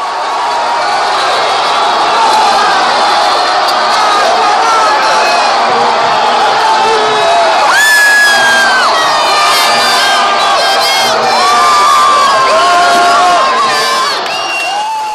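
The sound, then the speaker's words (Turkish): A dense crowd on Aspicuelta street erupts in sustained screaming and cheering at Thiago Silva's 7th-minute goal in the Brazil–Colombia football match, many voices shouting and whooping at once, loud and continuous with shrill high yells rising above the roar. “Thiago Silva'nın 7. dakikada attığı golle Aspicuelta sokağı çığlıklarla inledi.”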